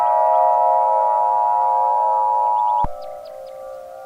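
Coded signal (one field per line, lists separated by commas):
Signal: Emergency Alert System (SAME) tones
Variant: 853 and 960 Hz attention tone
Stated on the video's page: Fictional EAS scenario.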